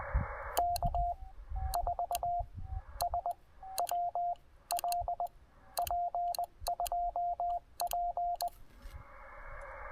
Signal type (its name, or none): Morse code